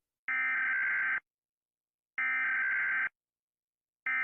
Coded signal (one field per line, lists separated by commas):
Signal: Emergency Alert System (SAME) tones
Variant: header bursts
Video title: When eas alarms